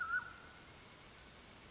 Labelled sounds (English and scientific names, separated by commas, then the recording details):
Mountain Quail (Oreortyx pictus)
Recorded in Sonoma County, California